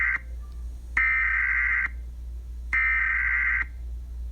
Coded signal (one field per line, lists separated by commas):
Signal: Emergency Alert System (SAME) tones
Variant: header bursts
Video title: EAS Scenario | Five Nights At Freddy’s 2861